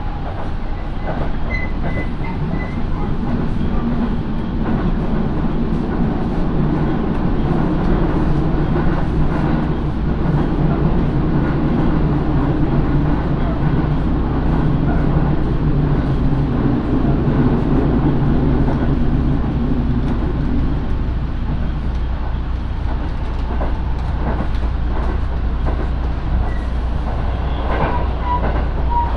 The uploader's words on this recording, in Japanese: 耳で楽しむ鉄道旅 身延線普通 身延→市川大門。